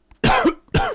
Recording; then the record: coughing mixed with background sound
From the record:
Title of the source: Coughing 51